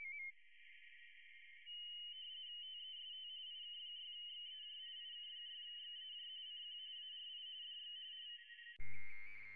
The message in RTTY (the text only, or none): TEST IK6XEJ IK6XEJ CQ ARI DX